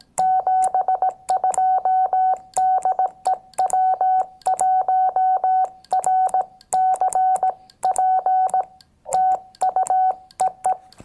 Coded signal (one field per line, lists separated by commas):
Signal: Morse code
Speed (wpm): 17 wpm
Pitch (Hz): 750 Hz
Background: none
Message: 72 DE W1RCP TU EE